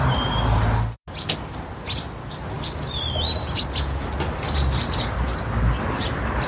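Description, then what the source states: Sparrows calling in a busy flock, many sharp high chips overlapping, with a drawn-out falling whistle partway through; a brief dropout near the start. White-crowned and golden-crowned sparrows chirping and singing together at a large communal winter roost in California.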